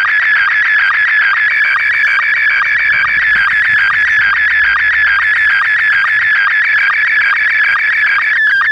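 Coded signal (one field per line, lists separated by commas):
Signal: SSTV (slow-scan television)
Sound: continuous warbling, chirping tone with rapid regular ticks, like a buzzy scanning whine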